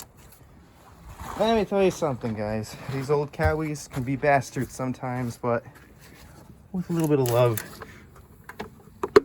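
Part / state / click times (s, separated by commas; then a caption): air filter cover clip onto mower engine air cleaner housing / seated / 9.0 s, 9.2 s. Someone talks while forcing the metal clips of an air filter cover onto the air cleaner housing of a Husqvarna mower engine. After some effort, sharp loud snaps are heard at 9.0 and 9.2 seconds as the clips seat home.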